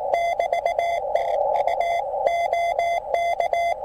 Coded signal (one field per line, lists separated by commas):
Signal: Morse code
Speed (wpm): 19 wpm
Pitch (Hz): 680 Hz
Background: none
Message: <BT>TU OK